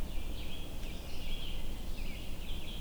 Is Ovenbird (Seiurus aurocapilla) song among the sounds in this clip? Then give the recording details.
no. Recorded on 22 June 2016 at 08:18. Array SBT-6-76